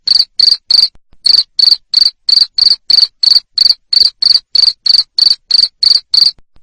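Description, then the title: Cricket chirp: loud, high-pitched pulses in quick regular succession, pausing once early before resuming at the same steady rate. Loud cricket chirping ('ngerik'), played to stimulate lovebirds to keep singing (ngekek). "Suara JANGKRIK NGERIK Keras Bikin LOVEBIRD Jadi NGEKEK Terus"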